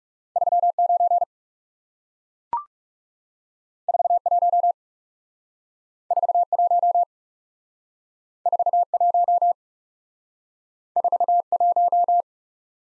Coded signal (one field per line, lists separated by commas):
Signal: Morse code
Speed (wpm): 38 wpm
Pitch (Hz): 700 Hz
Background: none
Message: 3 9 4 1 4 1 4 1 4 1